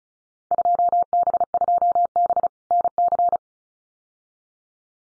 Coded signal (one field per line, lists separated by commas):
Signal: Morse code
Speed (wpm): 34 wpm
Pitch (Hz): 700 Hz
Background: none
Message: 2B2B NC